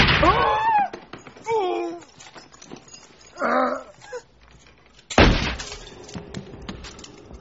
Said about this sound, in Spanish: Un disparo y Malcolm cae sobre su cama con una profunda expresión de dolor. Otro disparo y Vincent Gray, el pirado, pone fin a su vida.